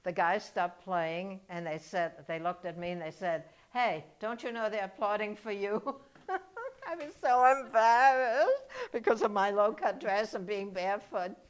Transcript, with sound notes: The guys stopped playing and they said — they looked at me and they said, "Hey, don't you know they're applauding for you?" [chuckles] I was so embarrassed because of my low-cut dress and being barefoot.